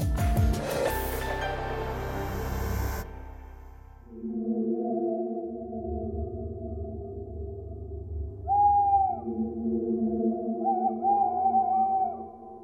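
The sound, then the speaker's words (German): A short burst of music gives way to a tawny owl's long, low, steady hoots, repeated several times with a slight wavering rise in pitch, fairly loud and with no voices. “Eulen, magische Geschöpfe. Wir gruseln uns beim unheimlichen Huhu des Waldkauzes, Soundtrack vieler Horrorfilme”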